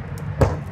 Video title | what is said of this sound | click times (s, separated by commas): 2024 Cimarron Norstar 2 Horse Bumper Pull | Those pop into place, so they're not going to be slapping against the trailer while you're driving down the road. | 0.4 s